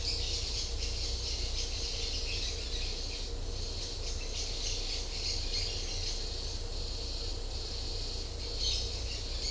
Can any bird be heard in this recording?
yes